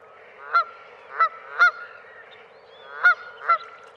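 Goose-like bird giving nasal honking calls, several spaced notes over four seconds.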